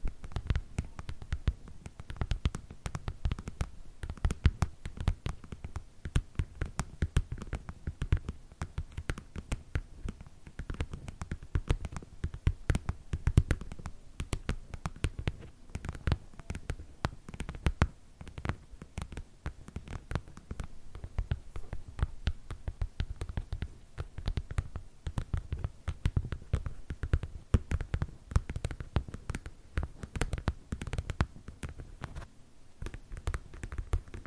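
Tapping with no talking: a dense, steady stream of short, sharp taps runs the whole way through, fast and somewhat irregular. Each tap has a dull low thump with a bright click on top, and the pace and loudness barely change.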